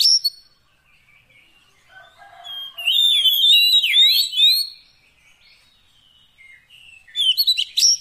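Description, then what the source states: Oriental magpie-robin giving a brief sharp note, then soft scattered notes, a loud sweeping whistled phrase in the middle, and a sharp chirpy burst at the end. Fill-in (isian) song of kacer, meant to get a bird singing actively (gacor) day and night.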